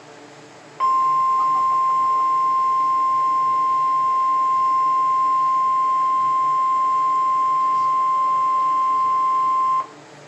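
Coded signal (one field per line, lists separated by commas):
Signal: Emergency Alert System (SAME) tones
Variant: 1050 Hz attention tone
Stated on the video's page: NOAA Weather Radio Required Weekly Test from WWG57, Mansfield, Ohio, received on Midland WR300 and WR120 weather radios.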